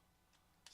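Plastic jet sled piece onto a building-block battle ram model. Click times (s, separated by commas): 0.7 s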